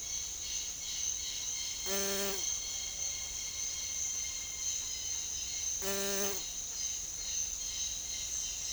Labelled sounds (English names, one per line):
none